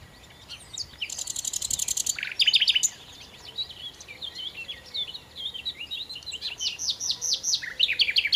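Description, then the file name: Common nightingale song: a high buzzy rapid trill, sharp loud notes, then a long series of varied chirps and whistles building into repeated phrases. "Nachtigall"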